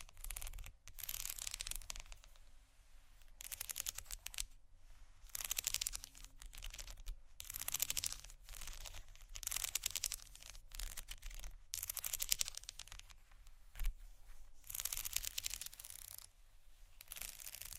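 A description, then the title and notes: Dry hands tap and scratch across crinkly vinyl and metal in a slow, uneven rhythm, each pass a bright, crisp rustle lasting a second or two, separated by brief pauses. Soft low thumps sit underneath, and the sound is dry. Vinyl, Metal, Slow, Tapping, Scratching, Dry Hands, Crinkle (No Talking).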